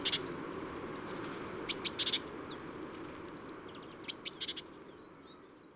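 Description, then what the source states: Tit giving high, thin, scattered calls: short sharp ticks and quick twittering notes in small bursts, over a soft background hiss. Tit at a feeder, Les Ollières-sur-Eyrieux, Ardèche.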